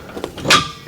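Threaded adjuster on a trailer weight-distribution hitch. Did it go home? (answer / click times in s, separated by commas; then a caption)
yes / 0.5 s. A threaded adjuster on a trailer weight-distribution hitch, used with a Tesla Cybertruck towing a Grand Design Momentum toy hauler, is turned counterclockwise during hitch setup. A faint tick and a brief scraping rise lead into a short, sharp, bright metallic hit. The adjuster clicks into place at 0.5 s.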